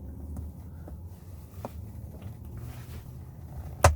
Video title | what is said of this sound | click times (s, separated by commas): How to fix a floppy arm rest in a Toyota Sienna 2011-2019 for free! | It snaps right into place, covers that area. | 3.8 s